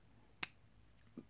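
A plastic Lego brick is pressed down onto the body of a Lego 30591 Ninjago Titanium Mini Mech build, giving a sharp, bright snap at 0.4 s, followed by a softer, low thud around 1.2 s. The brick snaps home and is seated.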